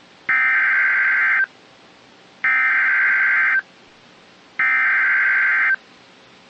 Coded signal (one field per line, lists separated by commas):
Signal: Emergency Alert System (SAME) tones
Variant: header bursts